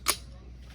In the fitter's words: pivot Barrel into receiver until Barrel loocking lever engages bro no there should be an audible click sound like this